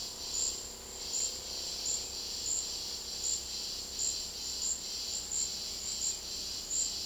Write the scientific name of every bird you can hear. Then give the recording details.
none. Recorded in dense forest near Puerto Asís, Putumayo, Colombia, on 21 February 2024 at 13:00. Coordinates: 0.485, -76.325. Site G6429